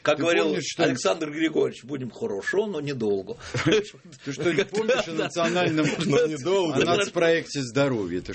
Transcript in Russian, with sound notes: Как говорил Александр Григорьевич, «будем хорошо, но не долго». Понимаешь? (смеется)
Ты что-нибудь помнишь о нацпроекте «Здоровье»?